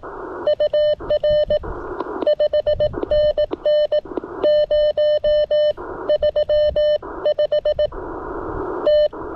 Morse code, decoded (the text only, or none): UR 5NN 035 T